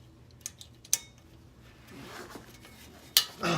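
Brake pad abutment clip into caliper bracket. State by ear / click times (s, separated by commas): seated / 0.9 s, 3.2 s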